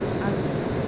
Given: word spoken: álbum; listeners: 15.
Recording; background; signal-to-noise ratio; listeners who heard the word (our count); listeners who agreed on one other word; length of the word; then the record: one Spanish word in noise, from a listening test; speech-shaped noise; -6.6 dB; 0 of 15; 7 of 15; 0.48 s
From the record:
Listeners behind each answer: 7, 2, 1, 1, 1, 1, 1, 1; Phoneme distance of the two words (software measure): 27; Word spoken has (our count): 2 syllables, 5 phonemes, stress on syllable 1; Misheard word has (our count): 2 syllables, 4 phonemes, stress on syllable 1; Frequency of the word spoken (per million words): 10.17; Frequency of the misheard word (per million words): 563.71